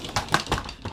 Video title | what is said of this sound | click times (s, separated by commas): Walk Through 2017 Airstream Flying Cloud 25FB Queen Travel Trailer For Sale | just snaps right in place so now while you're toing down and getting dressed | 0.3 s